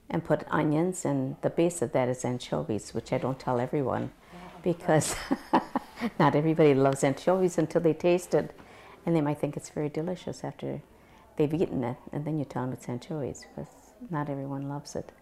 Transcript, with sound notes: put onions, and the base of that is anchovies, which I don't tell everyone, because ( she laughs ) not everybody loves anchovies until they taste it, and they might think it's very delicious after they've eaten it, and then you tell them it's anchovies, but not everyone loves it.